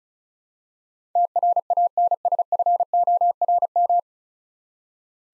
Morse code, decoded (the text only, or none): TRANSFORM